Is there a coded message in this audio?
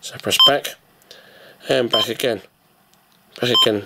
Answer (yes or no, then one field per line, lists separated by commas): no